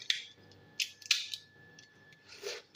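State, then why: Seated. A plastic battery cover is fitted into a toy pointer housing after the battery has been put in, and it locks into place. Two sharp plastic clicks are heard at 0.1 s and 1.1 s, with smaller clicks and handling sounds around them, and the cover is seated.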